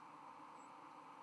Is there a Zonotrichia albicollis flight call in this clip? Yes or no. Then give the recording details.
no. Another species' flight call is heard. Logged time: 03:28 on 13 November 2014